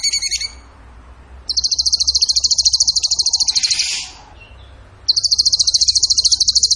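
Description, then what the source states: Bird song: brief stuttering notes, then long fast high trills pulsing steadily, one dissolving into a soft rushing hiss before the next begins. Masteran (training recording) of a bird singing in the tembakan gacor style.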